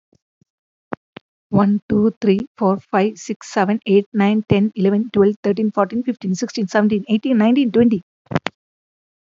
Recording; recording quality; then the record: counting at a fast pace; excellent, no background noise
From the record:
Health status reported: healthy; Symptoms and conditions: cough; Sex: female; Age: 47 years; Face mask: not worn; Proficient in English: yes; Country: India